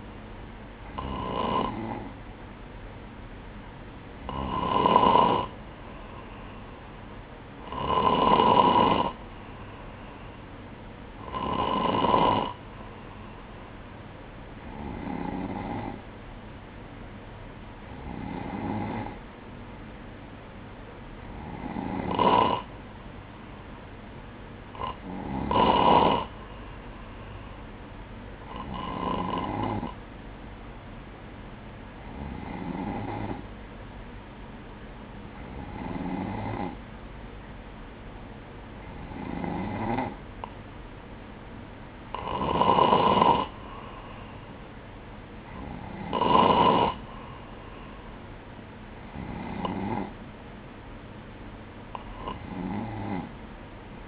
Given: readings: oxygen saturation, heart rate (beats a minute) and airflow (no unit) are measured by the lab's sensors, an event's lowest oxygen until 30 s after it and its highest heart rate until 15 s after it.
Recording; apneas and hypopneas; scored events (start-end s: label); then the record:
breathing in sleep by a voice recorder at the bedside; none
none scored
From the record:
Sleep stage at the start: N2 (light sleep); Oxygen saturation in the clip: 95%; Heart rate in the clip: 58 to 63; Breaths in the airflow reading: 16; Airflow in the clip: -6.4 to 4.6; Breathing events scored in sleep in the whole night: 180 in 6.7 hours asleep